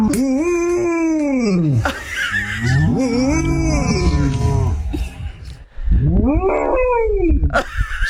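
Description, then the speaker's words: Golden retriever mooing: several long, drawn-out moaning howls that rise and fall, with real cows mooing too. Nine-year-old female golden retriever mooing at a herd of cows; real cows also heard. "So that's golden retriever Lucy mooing to a herd of cows."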